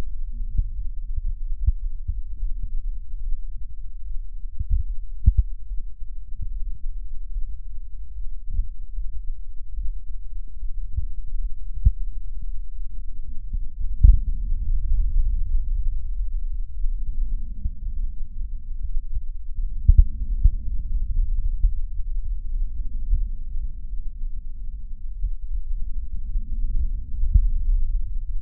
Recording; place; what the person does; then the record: lung sounds by stethoscope; right posterior apical chest; quiet breathing, then deep breathing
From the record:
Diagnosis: pulmonary infection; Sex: male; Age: 86 years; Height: 165 cm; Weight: 65 kg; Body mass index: 23.9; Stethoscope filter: bell mode